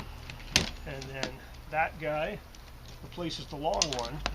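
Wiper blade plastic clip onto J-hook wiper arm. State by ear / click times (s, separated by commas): seated / 0.6 s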